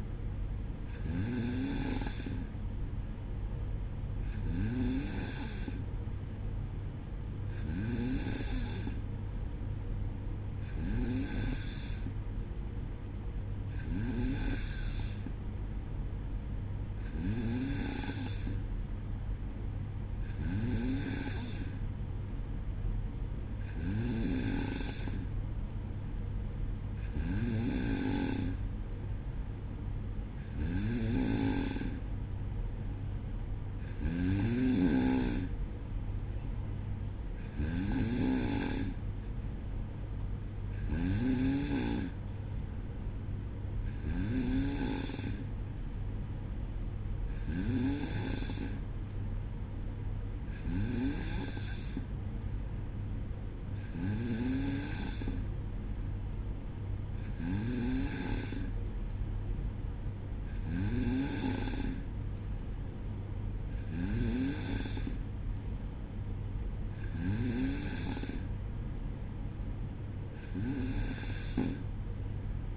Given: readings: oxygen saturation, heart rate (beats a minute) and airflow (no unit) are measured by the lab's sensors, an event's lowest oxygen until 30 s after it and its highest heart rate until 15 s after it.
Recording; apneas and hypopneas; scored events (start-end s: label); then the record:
breathing in sleep by a smartphone at the bedside; none
none scored
From the record:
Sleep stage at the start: N2 (light sleep); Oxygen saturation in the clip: 93 to 94%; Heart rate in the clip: 59 to 62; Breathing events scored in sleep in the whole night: 305 in 9.6 hours asleep